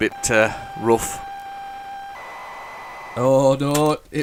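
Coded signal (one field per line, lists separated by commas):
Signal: ZX Spectrum tape loading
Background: speech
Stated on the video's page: ZX Spectrum loading from an unknown cassette tape.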